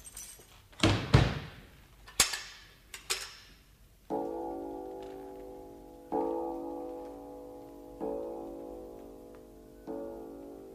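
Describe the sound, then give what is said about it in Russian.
A door shuts with a heavy thud and is locked with a few sharp latch clicks, then four slow, resonant chime-like tones ring out in turn, each fading before the next, in the radio play Klub znamenitykh kapitanov (The Club of Famous Captains). “Запирайте двери, Катюша.”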